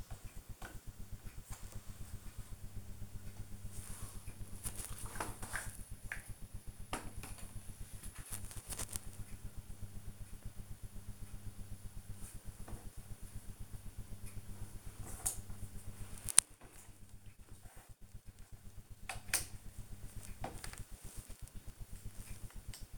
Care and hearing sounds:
household activities, microphone on the right wrist
0.00-22.97 s: doing a puzzle

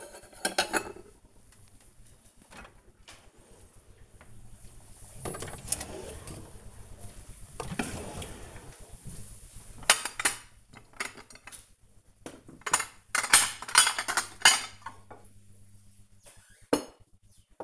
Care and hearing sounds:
household activities, microphone on the right wrist
0.00-17.64 s: putting away the dishes

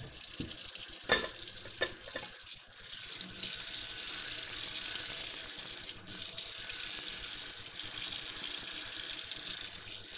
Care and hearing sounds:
household activities, microphone on the right wrist
0.00-10.18 s: washing dishes

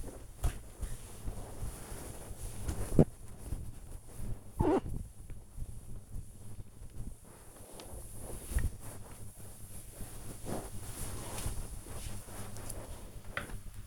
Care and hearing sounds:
household activities, microphone on the right wrist
0.00-12.45 s: floor cleaning

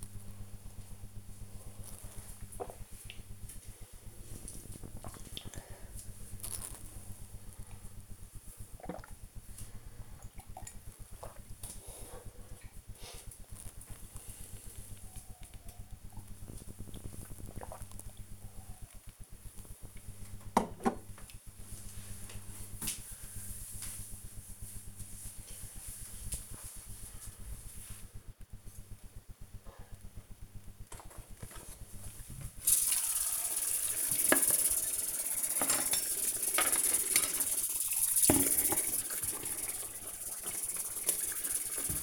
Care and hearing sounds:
household activities, microphone on the right wrist
0.00-20.15 s: drinking
30.19-42.03 s: washing dishes

